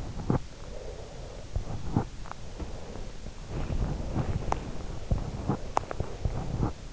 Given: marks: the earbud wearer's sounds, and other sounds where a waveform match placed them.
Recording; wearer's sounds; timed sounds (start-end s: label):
sounds in sleep by an in-ear microphone; breath, body movement
0.60-3.35 s: breath
3.35-6.93 s: body movement